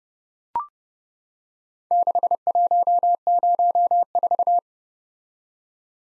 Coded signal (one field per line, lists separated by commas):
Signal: Morse code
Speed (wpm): 28 wpm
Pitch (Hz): 700 Hz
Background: none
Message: 6104